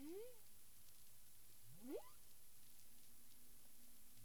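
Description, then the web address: Humpback whale song: an arching tonal moan at the start, then a fast rising whoop with overtones about two seconds later, followed by low hum and hiss. Recorded 9 April 2002 at 18:42 UTC. "CARIMAM. humpback whale"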